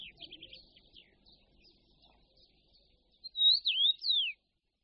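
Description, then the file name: Eurasian bullfinch, faint high twittering notes at first, then a louder phrase of clear, wavering whistles that rise and fall near the end. "Hýl-rudý"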